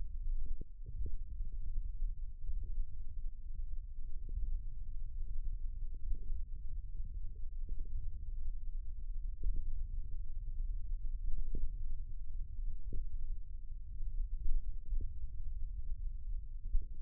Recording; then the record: forearm muscle sounds (acoustic myography)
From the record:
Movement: index flexion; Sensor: system 1, eight BSWA MPA416 microphones around the upper forearm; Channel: 6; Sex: male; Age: 54 years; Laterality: right